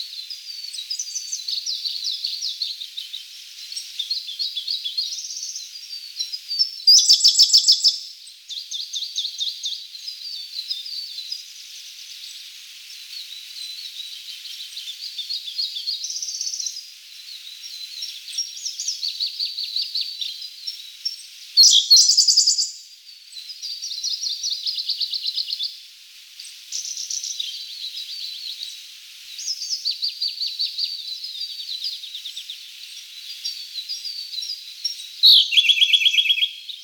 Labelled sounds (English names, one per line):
Siberian Blue Robin song